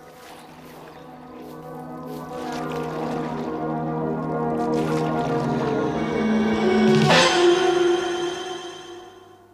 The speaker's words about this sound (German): Sie können jetzt rudern.